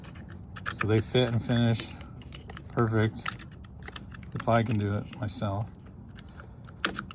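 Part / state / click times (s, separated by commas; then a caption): wiring harness plug into tail light connector / not seated / none. Someone talks while trying to push a plastic wiring harness plug upside down into the tail light connector of a Combat Off-Road Tail Gunner Aluminum Raw Edition tail light on a Jeep JT. Between the words, brief plastic taps and scrapes are heard. The plug does not go in because it is upside down, and nothing has seated or clicked yet.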